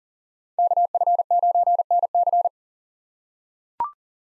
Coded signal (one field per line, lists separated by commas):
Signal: Morse code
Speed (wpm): 40 wpm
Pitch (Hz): 700 Hz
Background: none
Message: KF9NC